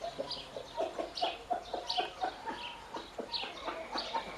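Bird calling with quick clucking notes in an uneven rhythm, joined by higher chirps.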